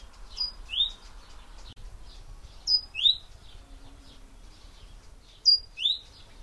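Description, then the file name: Great tit call: clear high two-note phrase, a brief tone followed by a rising note, given three times with quiet background. "Parus major"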